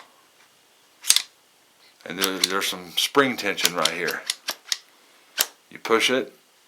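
The barrel assembly of a Ruger 10/22 Takedown "USA Shooting Team" Edition .22 rifle is handled and pushed against spring tension toward the receiver while someone talks. Short sharp handling ticks come near 1.1 s, 4.5 s, 4.7 s and 5.4 s. The barrel has not yet been twisted home, so nothing has seated or clicked yet.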